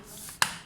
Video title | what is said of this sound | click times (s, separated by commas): Open HP Pavilion 15-AB289SA | then if you push it down with your hands you can hear it clicking and that's | 0.4 s